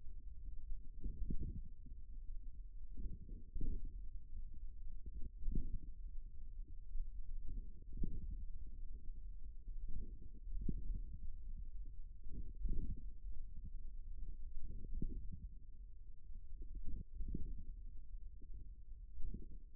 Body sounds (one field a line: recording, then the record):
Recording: forearm muscle sounds (acoustic myography)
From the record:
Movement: thumb flexion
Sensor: system 1, eight BSWA MPA416 microphones around the upper forearm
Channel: 8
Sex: male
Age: 41 years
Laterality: right